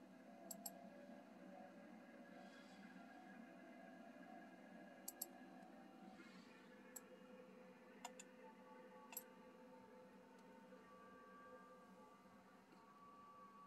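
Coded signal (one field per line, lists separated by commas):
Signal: FT8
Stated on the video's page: FT8 on 10 MHz, generated by PC software linked to an IC-7600 transceiver, in a DX contact with Congo, Africa.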